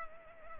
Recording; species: mosquito wingbeat signal from an infrared sensor; Culex pipiens